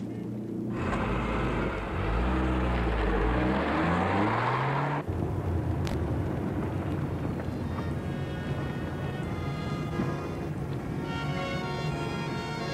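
A car engine hums and shifts pitch as it accelerates, then settles into a steady, loud rumble of driving with a faint tonal whine above the road noise.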